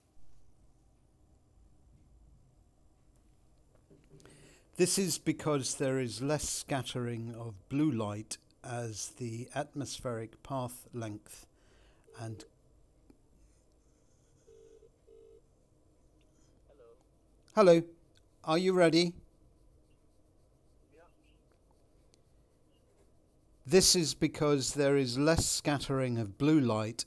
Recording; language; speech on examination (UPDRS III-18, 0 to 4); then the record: text read into a phone; English; 0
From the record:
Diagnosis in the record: Parkinson's disease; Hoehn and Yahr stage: 2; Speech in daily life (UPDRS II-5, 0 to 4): 0